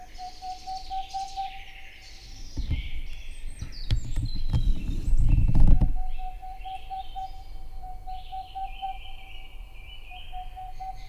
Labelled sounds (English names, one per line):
Boreal Owl